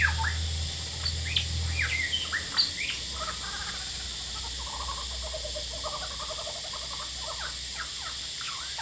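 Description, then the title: Lyrebird song: sweeping whistled notes, then softer repeated chattering phrases, over a constant high cicada drone and a low hum. Male singing very actively outside a window at Horsfield Bay, New South Wales, on 23 January 2017, with loud cicadas calling; noise reduction applied. "Lyrebird - Horsfield Bay NSW, Jan 23 2017"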